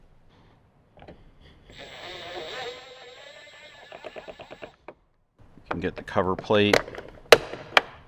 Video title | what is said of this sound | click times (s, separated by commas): Toyota Tundra Kicker 6 Speaker Plug & Play Bundle - 2007 - 2013 Toyota Tundra | and that just pops right into place replace the larger | 7.3 s